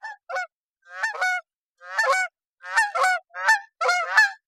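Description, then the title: Canada goose honks: harsh, nasal calls, often doubled, coming in a loose, irregular rhythm of roughly one burst per second. Flyover; two geese pass overhead, followed at a distance by a small flock eager to catch up. "Canada Goose - Branta Canadensis - Calls - Honking Flyover"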